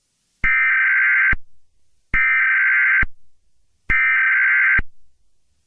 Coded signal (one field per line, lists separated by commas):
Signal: Emergency Alert System (SAME) tones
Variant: header bursts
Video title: EAS Scenario #3: Hot Planet